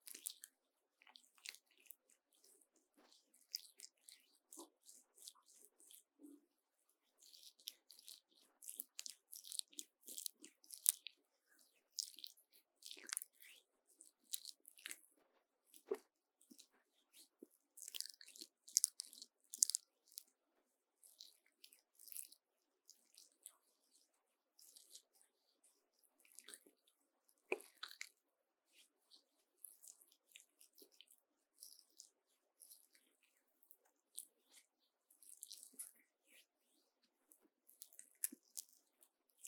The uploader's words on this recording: 黏答答的聲音 | Sticky Sounds. No Talking.